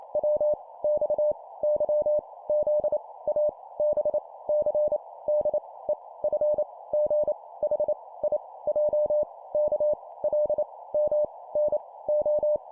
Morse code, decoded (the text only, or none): W X Y Z A B C D E F G H I J K L M N O